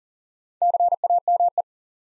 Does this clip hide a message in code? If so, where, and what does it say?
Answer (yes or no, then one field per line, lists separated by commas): yes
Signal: Morse code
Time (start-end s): 0.6-1.6 s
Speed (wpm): 39 wpm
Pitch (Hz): 700 Hz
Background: none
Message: CAME